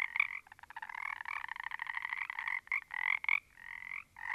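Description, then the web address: Frogs croaking, overlapping rasping calls with a strong pulsed texture, nearly continuous with a few short gaps. A small group of frogs. "static audio olofonia Small Group of Frogs"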